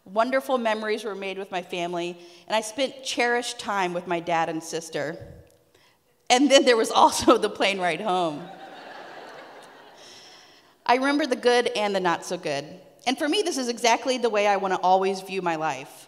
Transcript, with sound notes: Wonderful memories were made with my family, and I spent cherished time with my dad and sister, and then there was also the plane ride home, (laughter) I remember the good and the not so good, and for me, this is exactly the way I want to always view my life.